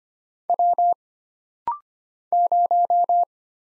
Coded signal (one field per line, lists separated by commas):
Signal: Morse code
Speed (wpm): 25 wpm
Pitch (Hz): 700 Hz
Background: none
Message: W 0